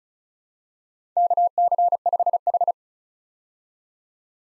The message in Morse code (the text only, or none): KC5H